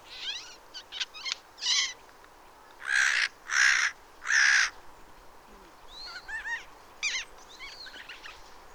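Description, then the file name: Eurasian jay giving three loud, rasping screeches in quick succession midway, with thinner calls before and after. "Garrulus glandarius"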